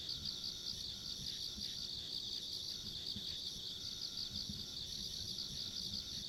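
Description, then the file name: Insects in a dense chorus, a steady high chirring with rapid pulsing, another thin high band above, and a soft low rumble of background noise throughout. Ambient insect sounds recorded along a rural country road. "田舎道の虫の環境音"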